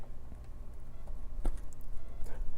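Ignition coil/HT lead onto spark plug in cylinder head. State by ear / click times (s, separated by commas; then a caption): not seated / none. An ignition coil pack and HT lead are handled and pushed down into a spark plug well, onto the plug in the cylinder head of a VW Passat V6 / Audi engine. Faint rustling handling noise is broken by a few brief soft taps, the sharpest around 1.5 seconds. Nothing has seated or clicked yet by the end of the clip.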